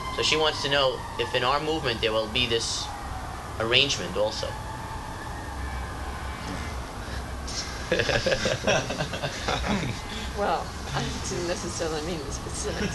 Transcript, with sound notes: So she wants to know if in our movement there will be this arrangement also. [laughter]
Well, I didn't necessarily mean the specifics.